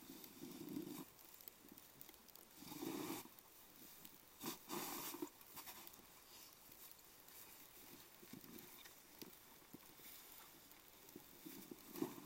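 Snow being shoveled in front of a house in the evening. Scraping, gritty strokes come in uneven bursts, the loudest near the start, around three seconds, at four to five seconds and again at the very end, with quieter shuffling and scuffs filling the gaps.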